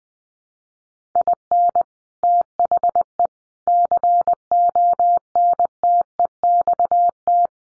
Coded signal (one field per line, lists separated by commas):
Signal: Morse code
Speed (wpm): 20 wpm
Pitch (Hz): 700 Hz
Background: none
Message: IN THE CONTEXT